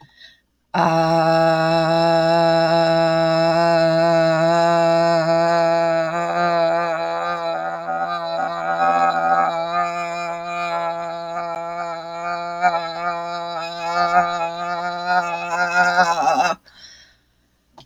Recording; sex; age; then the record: vowel held as long as possible; female; 60 to 69 years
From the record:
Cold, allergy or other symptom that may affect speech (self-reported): no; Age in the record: 63 years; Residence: Indiana, United States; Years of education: 16